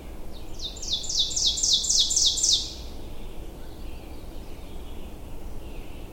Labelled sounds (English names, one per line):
Ovenbird song